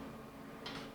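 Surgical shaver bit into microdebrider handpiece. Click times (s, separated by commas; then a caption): 0.7 s. A sinus shaver bit is pushed all the way into a microdebrider handpiece, plugged into the first port of a Medtronic console, with the collar pulled back. Over a steady low hum, a short, bright click sounds at 0.7 s. The bit is seated in the handpiece.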